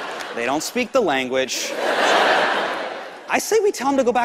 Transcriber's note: laughter